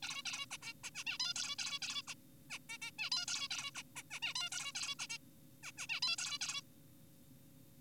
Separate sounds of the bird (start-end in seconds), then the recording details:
0.03-0.22, 0.26-0.46, 0.51-0.58, 0.62-0.73, 0.84-0.90, 0.95-1.04, 1.07-1.18, 1.20-1.34, 1.36-1.56, 1.59-1.79, 1.82-2.02, 2.08-2.14, 2.50-2.59, 2.70-2.78, 2.82-2.91, 2.99-3.10, 3.12-3.26, 3.28-3.48, 3.51-3.71, 3.75-3.82, 3.96-4.03, 4.11-4.20, 4.22-4.34, 4.36-4.49, 4.52-4.72, 4.75-4.95, 4.99-5.06, 5.10-5.18, 5.63-5.72, 5.78-5.87, 5.89-6.00, 6.02-6.16, 6.18-6.38, 6.41-6.62. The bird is an adult. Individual g4p5U